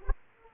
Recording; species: mosquito wingbeat signal from an infrared sensor; Aedes aegypti